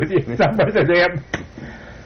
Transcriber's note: laughter